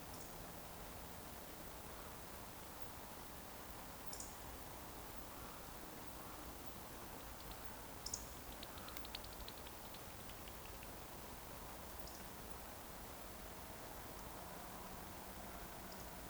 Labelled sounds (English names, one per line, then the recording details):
Eurasian Woodcock whistle
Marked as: whistle, whistle, whistle, whistle, whistle, whistle
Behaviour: display flight
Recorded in Baden-Württemberg, Germany, on 15 June 2020 at 20:26 UTC
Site 14569, 102 m above sea level